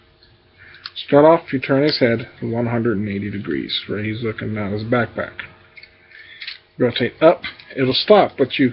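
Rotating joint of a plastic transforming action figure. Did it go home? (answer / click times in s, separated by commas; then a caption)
no / none. Someone talks while handling a plastic Transformers Prime Beast Hunters Shockwave transforming action figure, turning its head 180 degrees and then rotating a jointed part upward past its stopping point. Short plastic handling ticks are heard around 0.9 s and between 5.8 and 6.4 s. The joint has not clicked into place yet.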